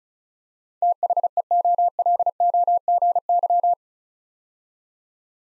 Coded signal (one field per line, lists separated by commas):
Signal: Morse code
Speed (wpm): 36 wpm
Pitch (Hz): 700 Hz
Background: none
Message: THEOLOGY